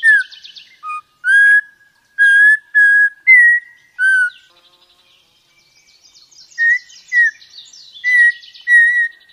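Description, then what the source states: Audubon's Oriole singing unhurried, pure whistles, some sliding slightly up or down, given in a loose series, then a pause before more whistles, with faint high chatter behind. Occurs in Mexico; song described as quite different and rather melodic.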